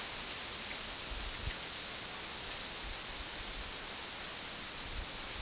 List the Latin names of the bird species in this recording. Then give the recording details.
none. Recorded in secondary vegetation near Puerto Asís, Putumayo, Colombia, on 18 February 2024 at 12:00. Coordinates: 0.481, -76.323. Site G6376